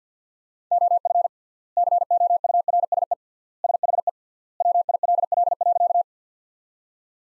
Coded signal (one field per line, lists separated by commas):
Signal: Morse code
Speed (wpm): 50 wpm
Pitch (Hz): 700 Hz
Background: none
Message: OF COURSE SHE WILL.